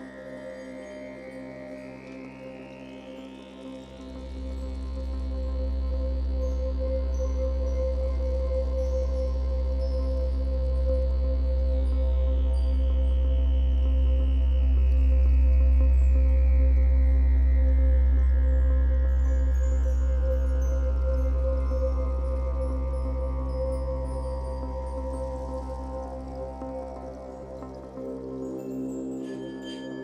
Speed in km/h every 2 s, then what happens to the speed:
13, 13, 14, 18, 26, 28, 29, 32, 34, 41, 41, 46, 51, 55, 61.
0-5 steady at about 13. 5-30 speeds up to 61.